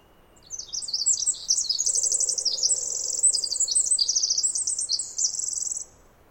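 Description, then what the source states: Pacific wren song, a long, bubbling stream of very high, fast trills and chattering notes, loud and unbroken for about five seconds, with a faint low hum. Snider Jackson/Rugged Ridge trail, May 11-13 2018, morning after dawn chorus; bird sang about 20 minutes in trees above microphone, then flew down closer; very loud, unmastered recording.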